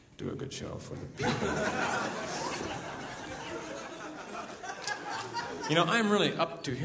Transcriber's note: soundbite of audience laughter